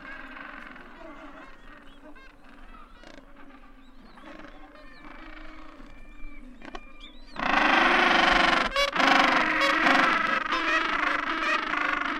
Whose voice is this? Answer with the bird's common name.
Gentoo Penguin